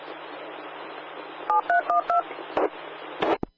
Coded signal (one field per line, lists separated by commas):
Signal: DTMF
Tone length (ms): 120 ms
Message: 7312